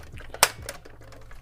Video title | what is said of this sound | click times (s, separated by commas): Modfans KS01 Bless Return - 3rd Party Titans Return Cerebros Review | and you you can hear it snap and then you can just snap this on top of there make sure this | 0.4 s